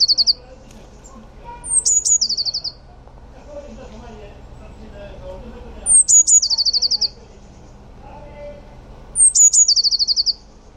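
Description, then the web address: Eurasian blue tit calling: thin, very high descending notes followed by a quick, even trill, in four separate bursts, the first cut short, over a quiet background. "cianscape. Deverinetal"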